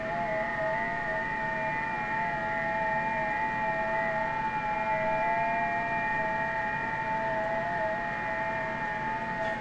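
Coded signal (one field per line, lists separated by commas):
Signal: FT8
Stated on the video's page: FT8 on 40 and 20 meters using WSJT-X.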